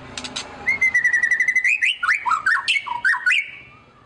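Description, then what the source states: White-rumped shama song: a long level whistle followed by quick, rhythmic swooping notes that rise and dip, fading out at the end. Song used as a lure to make other birds respond.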